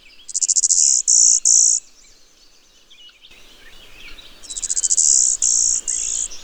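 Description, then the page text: Golden-winged warbler song: a very high, buzzy phrase. A rapid trilled note is followed by two flat, even buzzes, and the phrase is given twice over faint background hiss. Breeds in brushy fields in the eastern USA; winters in Central America and northwestern South America. "Golden-winged Warbler. Audio (M. Oberle)"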